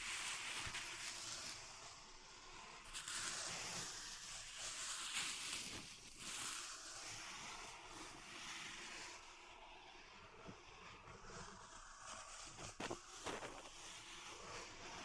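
Pink salt is raked and scraped in a zen garden, a dense, bright, grainy hiss that swells and eases, with sharp ticks near 6 and 13 seconds.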